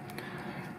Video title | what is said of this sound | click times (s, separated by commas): GoPro Hero 1 and Hero 2 Hack Tutorial | only go in one way so it plugs in and it locks into place and | 0.2 s